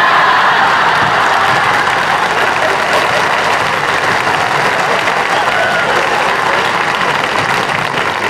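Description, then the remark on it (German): A packed hall erupts in sustained, loud applause mixed with cheering from a Berlin audience after the Hans Karbe orchestra plays, a dense wash of clapping that holds steady without pause for the whole stretch. “Nach den Klängen unseres Orchesters Hans Karbe wucht und tobt der ganze Saal.”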